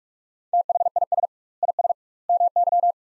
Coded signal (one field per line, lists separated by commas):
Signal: Morse code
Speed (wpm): 46 wpm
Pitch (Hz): 700 Hz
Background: none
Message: THIS IS MY